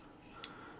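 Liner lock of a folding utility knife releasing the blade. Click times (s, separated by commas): 0.4 s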